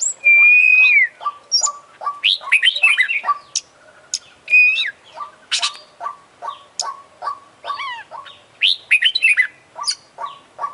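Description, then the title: Oriental magpie-robin song: a long clear whistle opens, then varied sharp and squeaky notes mixed with a steady series of short repeated chips. Champion bird singing vigorously (gacor); from a collection of selected tutor songs (masteran) for training songbirds. "Kacer Juara Gacor"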